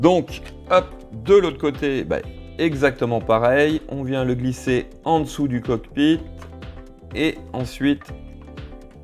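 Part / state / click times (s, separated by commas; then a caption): plastic side panel pegs into model fuselage structure / not seated / none. A plastic side panel of a model X-wing spaceship kit is slid in beneath the cockpit on the other side of the plastic fuselage structure while someone talks over background music. Its small pegs on the back are meant to clip into the structure, but nothing has seated or clicked yet when the clip ends.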